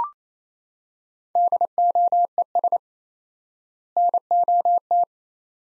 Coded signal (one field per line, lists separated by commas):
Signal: Morse code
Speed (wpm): 27 wpm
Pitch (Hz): 700 Hz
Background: none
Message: DOES NOT